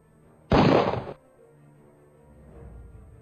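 A single loud gunshot bursts out of near silence, a sharp crack that rings for about half a second before cutting off, followed by a faint low rumble.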